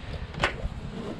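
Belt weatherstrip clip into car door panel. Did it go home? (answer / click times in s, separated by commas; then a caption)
yes / 0.4 s. A new outer belt weatherstrip for a Mazda RX-8, a rubber and metal strip with plastic clips, is pressed by hand onto the car's door panel flange after its end clip is fitted. A single sharp snap sounds at 0.4 s over low background rumble as the weatherstrip clip seats into the door.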